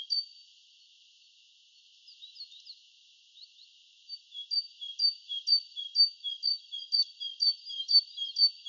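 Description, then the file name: Great tit: a few faint scattered notes at first, then a loud, regular series of paired high whistles repeated about twice a second. "Parus major"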